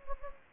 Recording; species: mosquito wingbeat signal from an infrared sensor; Anopheles gambiae